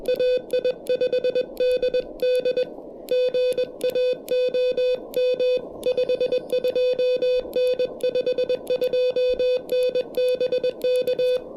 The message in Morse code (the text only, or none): AI5DD GA OM 52N 52N BK